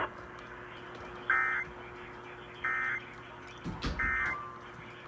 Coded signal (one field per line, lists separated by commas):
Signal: Emergency Alert System (SAME) tones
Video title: May 4th Madness EAS# 473-499 from 5/4/21